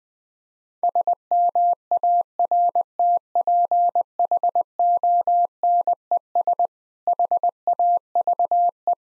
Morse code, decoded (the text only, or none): SMARTPHONES HAVE